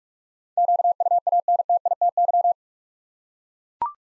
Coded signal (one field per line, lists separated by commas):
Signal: Morse code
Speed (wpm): 44 wpm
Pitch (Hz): 700 Hz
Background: none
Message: QUANTITY